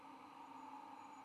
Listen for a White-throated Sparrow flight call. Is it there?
no